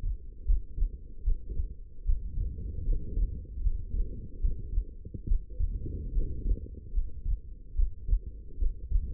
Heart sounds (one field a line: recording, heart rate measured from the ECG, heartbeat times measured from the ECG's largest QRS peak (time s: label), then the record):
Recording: heart sounds by stethoscope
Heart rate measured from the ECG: 74 bpm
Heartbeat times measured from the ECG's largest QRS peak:
0.46 s: heartbeat
1.24 s: heartbeat
2.05 s: heartbeat
2.85 s: heartbeat
3.62 s: heartbeat
4.40 s: heartbeat
5.27 s: heartbeat
6.13 s: heartbeat
6.93 s: heartbeat
7.75 s: heartbeat
8.58 s: heartbeat
From the record:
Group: healthy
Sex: female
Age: 19 years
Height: 163 cm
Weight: 51 kg